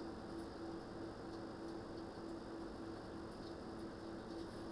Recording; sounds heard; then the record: poultry house recording; no chicken sound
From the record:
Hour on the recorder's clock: 20